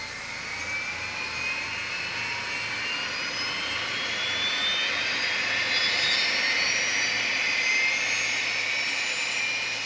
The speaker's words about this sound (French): Dans un instant, vous allez la pousser d'un cran vers l'avant, et faire vrombir ce moteur qui accélérera les vibrations de votre désir. Attention, poussez.